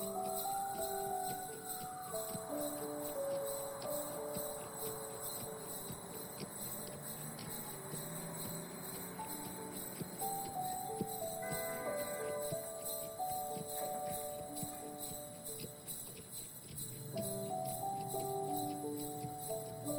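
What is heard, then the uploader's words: A carriage ride through the city in the holiday season, with a constant jingle of bells over a dense, steady bustle and shifting musical tones. A Carriage Ride, A snowy Afternoon, Holiday Season In The City.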